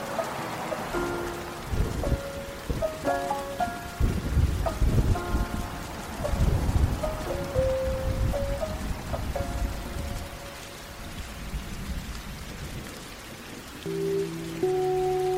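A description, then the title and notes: Steady rain hiss runs under soft, mellow lo-fi music: held keyboard chords and a slow melody stepping through notes, with muffled low thumps clustering around four to seven seconds. Near the end, a fuller chord enters and the sound swells slightly. Lo-fi hiphop music. Rain/thunder.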